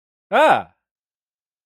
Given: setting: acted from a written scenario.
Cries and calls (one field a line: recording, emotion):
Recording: vocal sound without words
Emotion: negative surprise